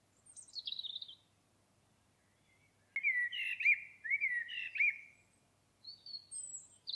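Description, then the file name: Common blackbird song: a high thin squeak, a pause, then a looping, mellow warbled phrase, followed by brief high chirps. "Turdus merula"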